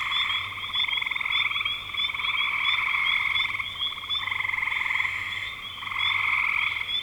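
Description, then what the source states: Chorus of frogs giving rapid pulsed trills, nearly continuous with a few short dips, and a faint low hum underneath. Recorded in spring 2025.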